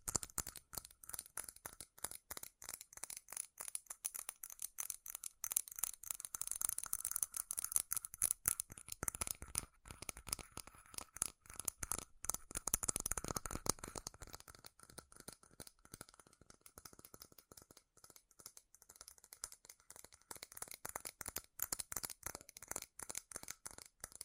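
Fast, furious tapping on metal runs the whole way through, a dense stream of sharp clicks with a bright, ringing edge. The pace is rapid and slightly uneven, busiest in the middle stretch before thinning a little toward the end.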